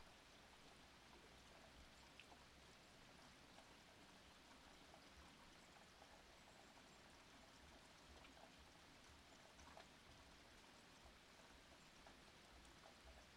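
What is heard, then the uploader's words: Steady rain falls without a break, a dense even hiss that fills the whole clip. Faint individual drops tick out now and then, near two, eight and ten seconds, over a low continuous rumble that sounds like running water. Just beautiful rain.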